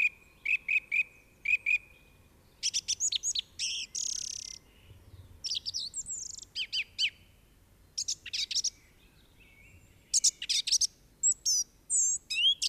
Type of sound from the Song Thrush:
song